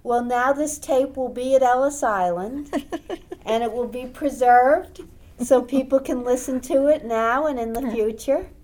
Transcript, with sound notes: Well, now this tape will be at Ellis Island. (laughs) And it will be preserved so people can listen to it now and in the future.